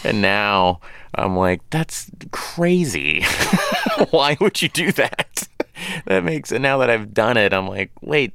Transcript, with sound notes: And now I'm like, that's crazy (laughter) Why would you do that? That makes - and now that I've done it, I'm like, wait.